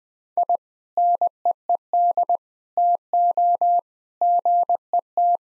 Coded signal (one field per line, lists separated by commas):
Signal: Morse code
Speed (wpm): 20 wpm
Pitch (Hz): 700 Hz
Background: none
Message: I NEED TO GET